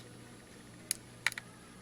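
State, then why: Seated. A microSD card is pushed with a fingernail into the card slot of an XNSIAKXA 5K 48 Megapixel Autofocus Digital Camera, with the lens and the card's printed side facing the user. A light tick sounds at 0.9 s over a faint steady hiss, then a sharp click at 1.3 s followed by two softer clicks at 1.3 s and 1.4 s. The card clicks and latches into place at 1.3 s.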